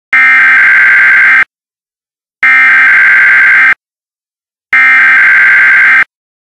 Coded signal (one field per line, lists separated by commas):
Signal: Emergency Alert System (SAME) tones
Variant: header bursts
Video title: EAS-Public Health Advisory